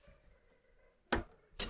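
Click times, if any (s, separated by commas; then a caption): none. A RAM module is pressed into its motherboard DIMM slot, but it has not clicked or seated yet. After a quiet stretch of low hum, there are sharp broadband bursts at about 1.1 s and 1.6 s and a short one at 1.7 s.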